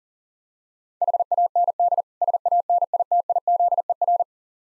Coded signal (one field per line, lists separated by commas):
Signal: Morse code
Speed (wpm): 42 wpm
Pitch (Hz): 700 Hz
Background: none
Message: HAND SANITIZER